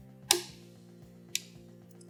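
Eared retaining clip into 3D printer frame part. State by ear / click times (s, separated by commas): not seated / none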